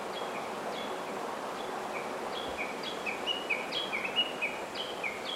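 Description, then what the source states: Lyrebird giving scattered sharp chirps and short down-slurred notes at an uneven pace, heard against a constant hiss of background noise. Very long call.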